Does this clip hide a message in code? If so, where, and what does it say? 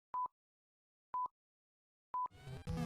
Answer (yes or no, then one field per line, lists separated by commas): no